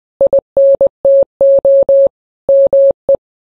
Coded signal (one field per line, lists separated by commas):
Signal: Morse code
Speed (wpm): 20 wpm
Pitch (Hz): 550 Hz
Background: none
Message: INTO ME